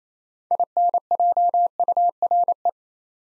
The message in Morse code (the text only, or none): INJURE